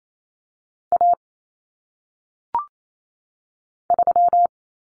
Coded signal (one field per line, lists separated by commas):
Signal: Morse code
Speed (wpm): 28 wpm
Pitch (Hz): 700 Hz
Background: none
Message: A 3